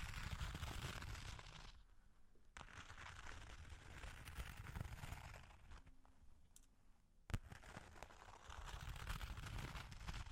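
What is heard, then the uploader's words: Long claws scratch in dense, rough bursts, with a quieter stretch near two seconds and a faint hum around six seconds. Sharp taps cut through at about two and a half and seven seconds, the second one the loudest, before the scratching builds again toward the end. Long Claws Tapping and Scratching (No Talking).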